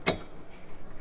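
A transmission cooler line is pressed up into its quick-connect fitting on the transmission oil cooler until the snap ring catches, giving a sharp, bright click at 0.1 s. Only faint low background noise follows. The line is seated and a pull test confirms it is locked in.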